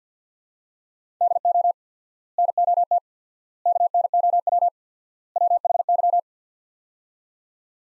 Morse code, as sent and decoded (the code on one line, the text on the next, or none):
-.. --- / -. --- - / -.- -. --- .-- / .-- .... -.--
DO NOT KNOW WHY